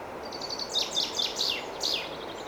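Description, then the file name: Common chaffinch song phrase: thin repeated notes building into louder, lower-sweeping notes and a final flourish, with steady background noise. "Fringilla coelebs"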